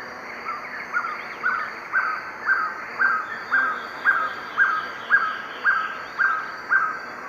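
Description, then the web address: Violaceous trogon song: a steady series of short, soft hooting notes, about two per second, over a constant high hum. Song; eastern lowlands of South America. "Natures Songs S America Eastern Lowlands Trogon violaceus, song"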